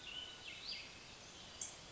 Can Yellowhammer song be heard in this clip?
no